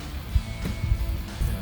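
A power-folding mirror's harness plug on a 2013-2018 RAM 1500 is being handled at the door wiring connector. Low thumps and light handling noise are heard under faint music. Nothing has seated or clicked yet in this clip.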